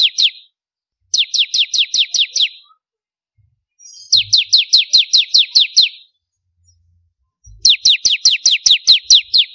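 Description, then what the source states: Bar-winged prinia song of four quick bursts of high, descending chip notes, the first cut short, with pauses between and a few dull low bumps. Kristal (crystal) type of ciblek, the bar-winged prinia.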